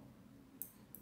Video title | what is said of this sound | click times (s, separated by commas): Graflex 2.5 Build Log #3 The soundboard (Nano Biscotte v4) | when it clicks inside when it clicks in place that means that the board is loaded | 0.6 s